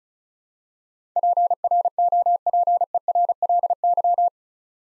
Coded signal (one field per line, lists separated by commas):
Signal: Morse code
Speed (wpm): 36 wpm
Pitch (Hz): 700 Hz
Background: none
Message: PROPERLY